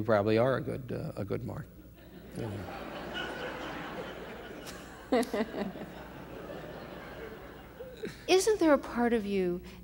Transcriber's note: laughter